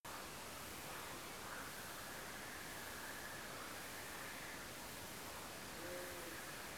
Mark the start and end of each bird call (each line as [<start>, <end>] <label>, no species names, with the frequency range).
[5.79, 6.35] bird call (0.2-0.7 kHz)